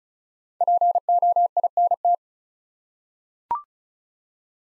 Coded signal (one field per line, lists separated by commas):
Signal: Morse code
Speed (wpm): 36 wpm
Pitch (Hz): 700 Hz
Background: none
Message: POINT